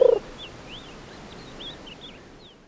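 Bird song: a quick string of thin whistled notes sliding up and down, following a short deep croak right at the start.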